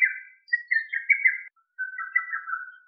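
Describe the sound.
Lesser cuckoo calling with rapid, whistled, slightly warbling notes around a mid-high pitch: a quick opening phrase, a busier run, then a falling, fading phrase after a short pause.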